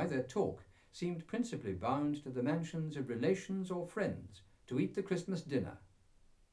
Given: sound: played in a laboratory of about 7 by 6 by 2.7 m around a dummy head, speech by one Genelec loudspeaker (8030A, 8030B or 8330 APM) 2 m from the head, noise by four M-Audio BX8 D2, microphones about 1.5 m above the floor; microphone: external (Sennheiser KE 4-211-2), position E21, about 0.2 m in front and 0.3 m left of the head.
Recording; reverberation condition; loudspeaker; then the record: male speech in English; low; 150 degrees to the left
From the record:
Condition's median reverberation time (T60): about 310 ms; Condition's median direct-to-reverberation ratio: about 3.5 dB